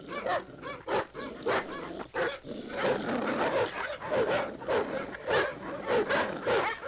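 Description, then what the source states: Dogs barking in quick, uneven bursts of sharp barks, roughly a hundred a minute, with overlapping calls and brief pauses between volleys. Multiple dogs barking.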